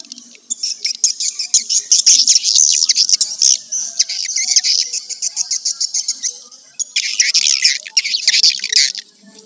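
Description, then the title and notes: Swiftlet chirping calls, fast high twittering bursts over a faint low hum, pausing briefly before a final dense flurry. Used for swiftlet farming in Asia. "Swiflet Bird Sound. Farming Swiflet Bird asia sound"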